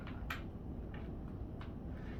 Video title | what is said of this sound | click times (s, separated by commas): Unboxing: Victory Electrostatic Backpack Sprayer | again another nice click all | 0.3 s